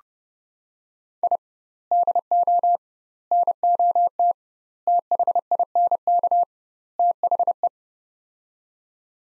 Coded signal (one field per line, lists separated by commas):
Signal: Morse code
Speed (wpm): 30 wpm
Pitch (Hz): 700 Hz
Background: none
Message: I DO NOT THINK THE